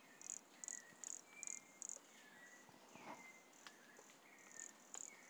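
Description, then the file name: Pumpkin toadlet giving a run of five high pulsed notes, then softer ones, with thin sliding whistles lower down. Recorded at Monte Crista, Brazil, in November 2016, with the animal 100 cm from the microphone. "Brachycephalus sulfuratus Monte Crista 100 cm from microphone Luiz Fernando Ribeiro NOV-2016"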